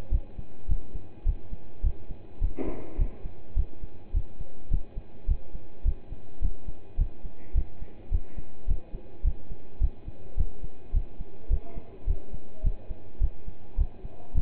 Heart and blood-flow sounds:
heart sounds by stethoscope; between the tricuspid and mitral areas; 105 bpm
0.11 s: heartbeat
0.68 s: heartbeat
1.25 s: heartbeat
1.83 s: heartbeat
2.41 s: heartbeat
2.98 s: heartbeat
3.56 s: heartbeat
4.13 s: heartbeat
4.70 s: heartbeat
5.28 s: heartbeat
5.85 s: heartbeat
6.41 s: heartbeat
6.98 s: heartbeat
7.54 s: heartbeat
8.11 s: heartbeat
8.67 s: heartbeat
9.24 s: heartbeat
9.80 s: heartbeat
10.37 s: heartbeat
10.93 s: heartbeat
11.50 s: heartbeat
12.07 s: heartbeat
12.63 s: heartbeat
13.20 s: heartbeat
13.77 s: heartbeat
14.34 s: heartbeat
From the record:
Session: pedaling a stationary bicycle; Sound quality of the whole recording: partially saturated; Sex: male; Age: 27 years

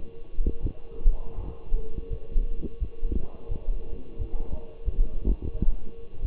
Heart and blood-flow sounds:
heart sounds by stethoscope; between the tricuspid and mitral areas; 86 bpm
0.61 s: heartbeat
1.36 s: heartbeat
2.09 s: heartbeat
2.79 s: heartbeat
3.48 s: heartbeat
4.17 s: heartbeat
4.85 s: heartbeat
5.53 s: heartbeat
6.21 s: heartbeat
From the record:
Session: walking at 3.7 km/h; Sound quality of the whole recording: partially saturated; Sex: male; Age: 24 years

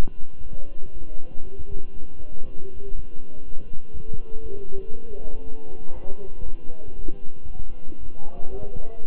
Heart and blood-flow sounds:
heart sounds by stethoscope; between the tricuspid and mitral areas; 119 bpm
0.42 s: heartbeat
0.93 s: heartbeat
1.43 s: heartbeat
1.94 s: heartbeat
2.44 s: heartbeat
2.95 s: heartbeat
3.44 s: heartbeat
3.93 s: heartbeat
4.42 s: heartbeat
4.92 s: heartbeat
5.43 s: heartbeat
5.94 s: heartbeat
6.44 s: heartbeat
6.95 s: heartbeat
7.47 s: heartbeat
7.99 s: heartbeat
8.50 s: heartbeat
9.02 s: heartbeat
From the record:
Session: walking at 3.7 km/h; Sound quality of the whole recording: good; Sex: male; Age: 23 years

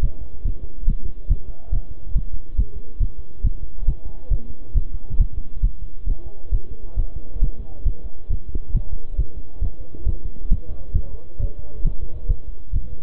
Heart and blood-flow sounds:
heart sounds by stethoscope; between the tricuspid and mitral areas; 137 bpm
0.03 s: heartbeat
0.46 s: heartbeat
0.88 s: heartbeat
1.31 s: heartbeat
1.73 s: heartbeat
2.16 s: heartbeat
2.59 s: heartbeat
3.01 s: heartbeat
3.45 s: heartbeat
3.88 s: heartbeat
4.32 s: heartbeat
4.76 s: heartbeat
5.20 s: heartbeat
5.64 s: heartbeat
6.08 s: heartbeat
6.53 s: heartbeat
6.98 s: heartbeat
7.42 s: heartbeat
7.86 s: heartbeat
8.31 s: heartbeat
8.75 s: heartbeat
9.19 s: heartbeat
9.62 s: heartbeat
10.07 s: heartbeat
10.52 s: heartbeat
10.95 s: heartbeat
11.40 s: heartbeat
11.85 s: heartbeat
12.30 s: heartbeat
12.74 s: heartbeat
From the record:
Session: bicycle stress test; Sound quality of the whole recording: good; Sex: male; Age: 23 years

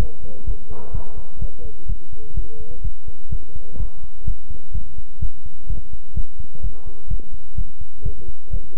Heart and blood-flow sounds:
heart sounds by stethoscope; between the tricuspid and mitral areas; 127 bpm
0.44 s: heartbeat
0.91 s: heartbeat
1.39 s: heartbeat
1.86 s: heartbeat
2.34 s: heartbeat
2.81 s: heartbeat
3.29 s: heartbeat
3.77 s: heartbeat
4.24 s: heartbeat
4.72 s: heartbeat
5.19 s: heartbeat
5.67 s: heartbeat
6.14 s: heartbeat
6.61 s: heartbeat
7.08 s: heartbeat
7.55 s: heartbeat
8.03 s: heartbeat
8.50 s: heartbeat
From the record:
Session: pedaling a stationary bicycle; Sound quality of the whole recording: good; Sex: male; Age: 24 years

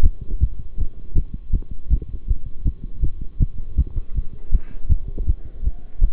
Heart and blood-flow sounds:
heart sounds by stethoscope; between the tricuspid and mitral areas; 160 bpm
0.03 s: heartbeat
0.41 s: heartbeat
0.78 s: heartbeat
1.16 s: heartbeat
1.53 s: heartbeat
1.90 s: heartbeat
2.28 s: heartbeat
2.65 s: heartbeat
3.02 s: heartbeat
3.40 s: heartbeat
3.77 s: heartbeat
4.15 s: heartbeat
4.52 s: heartbeat
4.89 s: heartbeat
5.27 s: heartbeat
5.64 s: heartbeat
6.01 s: heartbeat
From the record:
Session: bicycle stress test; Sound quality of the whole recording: good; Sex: male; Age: 23 years

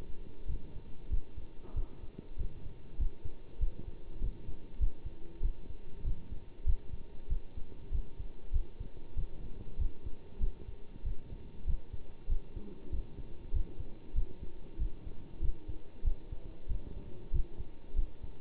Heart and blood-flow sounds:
heart sounds by stethoscope; between the tricuspid and mitral areas; 96 bpm
0.47 s: heartbeat
1.10 s: heartbeat
1.75 s: heartbeat
2.38 s: heartbeat
2.99 s: heartbeat
3.60 s: heartbeat
4.21 s: heartbeat
4.80 s: heartbeat
5.42 s: heartbeat
6.04 s: heartbeat
6.66 s: heartbeat
7.29 s: heartbeat
7.91 s: heartbeat
8.52 s: heartbeat
9.16 s: heartbeat
9.78 s: heartbeat
10.40 s: heartbeat
11.04 s: heartbeat
11.66 s: heartbeat
12.29 s: heartbeat
12.92 s: heartbeat
13.53 s: heartbeat
14.15 s: heartbeat
14.78 s: heartbeat
15.41 s: heartbeat
16.04 s: heartbeat
16.68 s: heartbeat
17.32 s: heartbeat
17.95 s: heartbeat
From the record:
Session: bicycle stress test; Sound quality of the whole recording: good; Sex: male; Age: 27 years

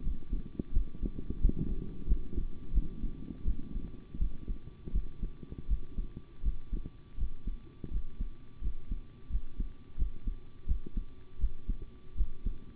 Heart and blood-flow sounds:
heart sounds by stethoscope; between the tricuspid and mitral areas; 84 bpm
0.02 s: heartbeat
0.71 s: heartbeat
1.40 s: heartbeat
2.06 s: heartbeat
2.72 s: heartbeat
3.45 s: heartbeat
4.19 s: heartbeat
4.92 s: heartbeat
5.67 s: heartbeat
6.42 s: heartbeat
7.17 s: heartbeat
7.90 s: heartbeat
8.61 s: heartbeat
9.29 s: heartbeat
9.96 s: heartbeat
10.66 s: heartbeat
11.38 s: heartbeat
12.15 s: heartbeat
From the record:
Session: rest, sitting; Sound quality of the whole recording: good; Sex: male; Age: 25 years

